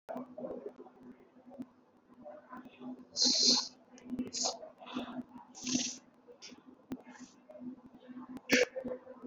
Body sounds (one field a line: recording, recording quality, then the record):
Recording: deep breathing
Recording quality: excellent, no background noise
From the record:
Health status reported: exposed to COVID-19, no respiratory illness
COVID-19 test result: negative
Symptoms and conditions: none ticked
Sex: female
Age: 45 years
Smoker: not ticked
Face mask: not worn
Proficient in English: yes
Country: India